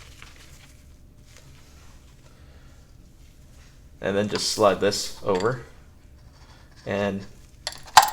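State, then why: Seated. A new oil filter element is slid over and pressed onto the oil filter housing cover stem of a BMW E46 (323i, 325i, 328i, 330i) during an oil change. Someone talks, then two sharp clicks at 7.7 s and 8.0 s mark the element snapping into place, seated on the cover.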